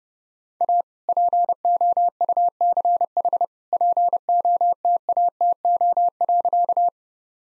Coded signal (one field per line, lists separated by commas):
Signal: Morse code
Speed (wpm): 30 wpm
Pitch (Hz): 700 Hz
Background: none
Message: A POUCH POTATO.